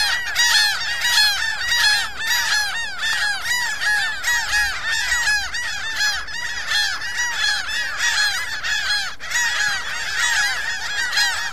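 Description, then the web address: Gull: a noisy gathering of gulls, constant overlapping yelping calls packed closely together, no other sounds standing out. "seagulls"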